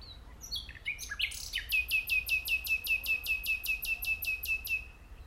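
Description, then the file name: Common nightingale song opening with a few descending notes, then a loud, steady, rapid series of identical sharp notes. "Luscinia megarhynchos"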